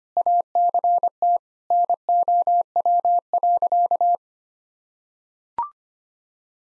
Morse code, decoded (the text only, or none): ACT NOW.